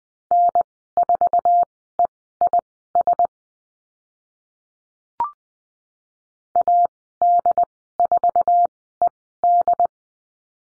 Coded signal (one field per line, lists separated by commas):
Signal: Morse code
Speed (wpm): 20 wpm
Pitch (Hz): 700 Hz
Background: none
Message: N4EIS AD4ED